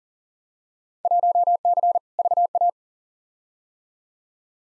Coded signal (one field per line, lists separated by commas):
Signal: Morse code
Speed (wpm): 40 wpm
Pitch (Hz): 700 Hz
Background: none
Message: 1C VA